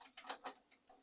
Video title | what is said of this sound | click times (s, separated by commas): OESD Kincade Sea of Tranquility Tiling Scene Block 18 w/ 34 Color Changes. Manual Color Sequencing | You want to hear an audible click? There we go. | 0.3 s